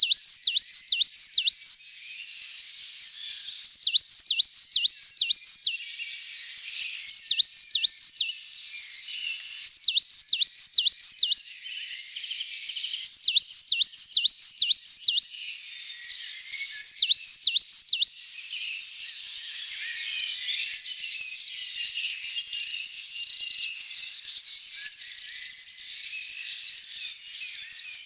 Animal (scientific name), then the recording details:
Periparus ater. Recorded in the wild. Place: St. Peter, Hochschwarzwald / Potsdamer Platz, Baden-Württemberg, DE. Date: 1991-06-09. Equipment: Dat-Recorder Casio DA 7, Telinga M2, stereo, Telinga-Parabolspiegel. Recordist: Schwarz, Dieter